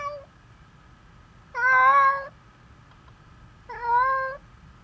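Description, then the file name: Domestic cat giving two drawn-out meows after a clipped one at the start, harmonic and wavering, over a steady background hum. "Meows 03 Hello"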